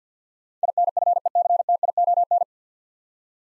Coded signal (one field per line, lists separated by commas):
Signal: Morse code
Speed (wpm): 50 wpm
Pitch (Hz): 700 Hz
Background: none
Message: INFECTION